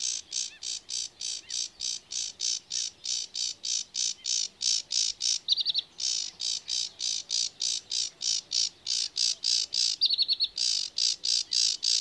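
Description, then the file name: Sedge warbler singing a steady stream of fast, harsh chattering notes, about three a second, broken twice by short buzzy trills. "Rietzanger"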